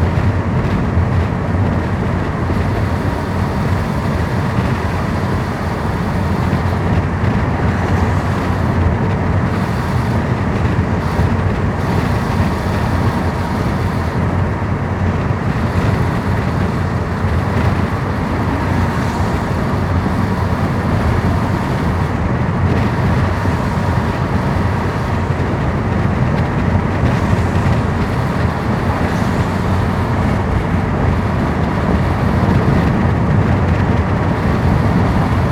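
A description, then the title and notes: A steady roar of traffic on a wet road fills the whole recording, dense and unbroken, with a constant low rumble. Tyre hiss and wind-blown noise hold an even level throughout, without distinct passing cars standing out. Windy Wet Road.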